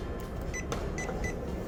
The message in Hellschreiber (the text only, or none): none